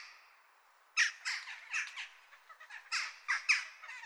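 Jackdaw calls: a quiet opening second, then a burst of short, harsh, overlapping chak notes, irregular and chattering.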